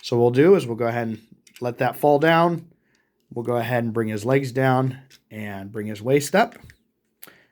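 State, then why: Seated. Someone talks while transforming a 2005 Transformers Cybertron Deluxe class Downshift toy, letting the top section of the car fall down, bringing the legs down and the waist up. At 7.2 s a sharp, brief click sounds as the small plastic connector pin on the robot's waist snaps into its socket in the body, seating it in place.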